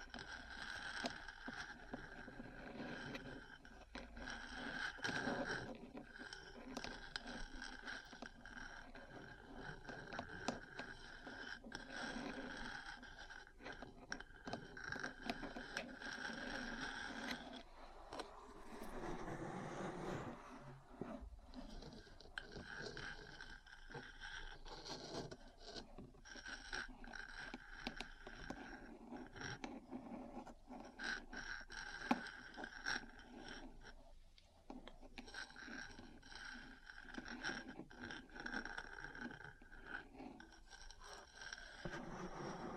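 Metal parts tap and scratch against each other in a dense, continuous clatter of quick, irregular strikes and rasping scrapes. The sound stays bright and busy throughout, with a brief smoother grinding swell around the twentieth second before the tapping resumes.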